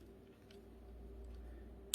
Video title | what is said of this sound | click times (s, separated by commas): DEERC D20 Mini Drone for Kids Review, Feature rich folding mini drone that is super inexpensive | and snap right into place there and that way if you're kind of a new | 1.9 s